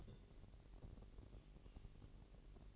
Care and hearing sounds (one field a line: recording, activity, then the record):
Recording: daily activity, microphone in the room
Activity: take from stove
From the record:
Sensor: 4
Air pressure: 1002.8 hPa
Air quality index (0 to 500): 236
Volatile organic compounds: 10 ppm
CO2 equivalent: 2212 ppm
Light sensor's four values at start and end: 7/15/6/6 and 7/15/6/6